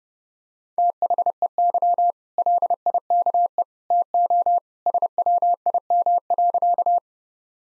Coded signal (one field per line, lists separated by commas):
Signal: Morse code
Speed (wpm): 30 wpm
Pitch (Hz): 700 Hz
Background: none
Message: THEY LIKE TO SWIM.